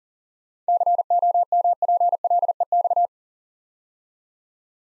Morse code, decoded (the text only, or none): COMPLEX